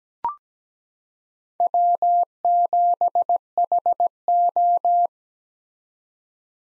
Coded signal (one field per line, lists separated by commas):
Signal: Morse code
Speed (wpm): 17 wpm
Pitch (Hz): 700 Hz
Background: none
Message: W7HO